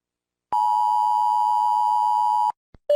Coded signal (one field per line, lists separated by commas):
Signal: Emergency Alert System (SAME) tones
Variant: 853 and 960 Hz attention tone